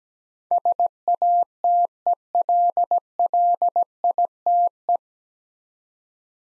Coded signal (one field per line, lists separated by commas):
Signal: Morse code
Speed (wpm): 17 wpm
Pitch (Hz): 700 Hz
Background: none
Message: SATELLITE